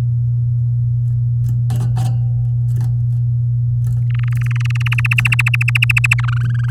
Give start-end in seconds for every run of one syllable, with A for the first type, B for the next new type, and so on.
4.10-4.88 A, 4.92-6.21 B, 6.23-6.70 C